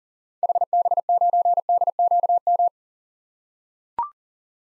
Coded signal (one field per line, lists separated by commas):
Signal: Morse code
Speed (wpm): 37 wpm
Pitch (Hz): 700 Hz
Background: none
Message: HB9DQM